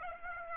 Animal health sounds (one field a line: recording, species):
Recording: mosquito wingbeat signal from an infrared sensor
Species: Aedes aegypti